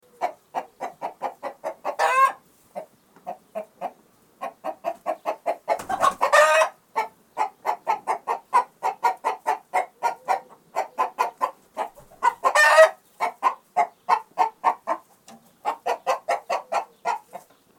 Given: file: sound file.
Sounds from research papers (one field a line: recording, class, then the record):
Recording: poultry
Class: distress chicken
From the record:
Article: Edge intelligence for poultry welfare: Utilizing tiny machine learning neural network processors for vocalization analysis